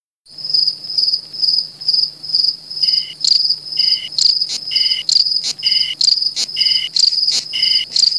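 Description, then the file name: Cicada song: a high, steady buzzing drone pulsing in regular throbs, with sharper clicking accents joining partway through. "Cicale"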